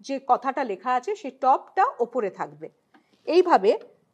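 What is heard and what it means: A VVPAT interconnect cable plug is lined up by colour, red to red and black to black, with its TOP marking facing up, and slowly brought to the ballot unit socket while someone talks. No click is heard, and the plug has not yet seated in the socket.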